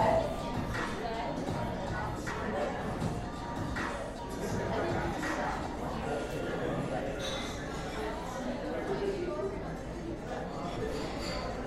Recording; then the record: background sound without coughing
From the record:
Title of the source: 60 minutes of coffee shop sounds for study and concentration